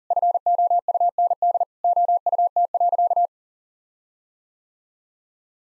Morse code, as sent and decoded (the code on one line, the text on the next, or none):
..-. --- ..- -. -.. / --- ..- - .-.-.-
FOUND OUT.